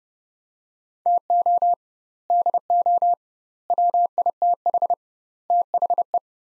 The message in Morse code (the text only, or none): TO DO WITH THE